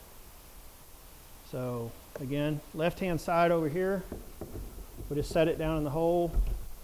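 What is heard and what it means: The left-hand light housing of a Kobalt 40-Volt electric kids' ride-on car is set down into its hole on the plastic roll cage while someone talks. The clip ends just before the housing is pushed home, so nothing has clicked or seated yet.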